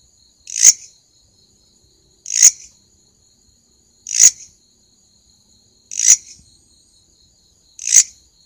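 Grasshopper giving brief dry rasps, five in a row at steady two-second spacing, with a faint high continuous whine underneath.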